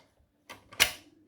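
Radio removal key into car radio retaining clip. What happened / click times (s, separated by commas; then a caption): The removal key clicked into its retaining clip / 0.7 s, 0.8 s. Radio removal keys are pushed into a Ford C-Max car radio until they click into its retaining clips. A brief scrape around 0.5 s is followed by a soft click at 0.7 s and a sharp, louder click at 0.8 s that fades quickly. The keys are seated in place.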